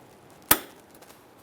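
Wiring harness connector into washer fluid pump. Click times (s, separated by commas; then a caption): 0.5 s. A wiring harness connector is pressed into the washer fluid pump on the windshield washer reservoir of a 2007–2013 Chevrolet Silverado 1500. A single loud, sharp click sounds at 0.5 s, followed by a faint tick near 1.0 s. The connector is seated and then tugged to check that it is secured.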